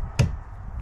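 A wiper blade adapter is lined up with the wiper arm of a 2014-onwards Mini F56 and pushed so it snaps into place. A single sharp, bright snap sounds at 0.2 s over a low background hum, and the blade is seated on the arm.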